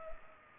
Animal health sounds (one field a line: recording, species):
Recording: mosquito wingbeat signal from an infrared sensor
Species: Culex pipiens